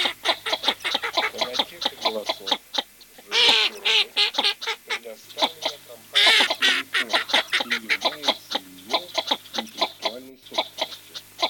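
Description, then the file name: Northern shoveler calls, rapid nasal clucking notes repeated in long dense runs, broken by two louder harsh bursts. Recorded for an electronic decoy caller chip used to attract ducks. "Широконоска Mestolone"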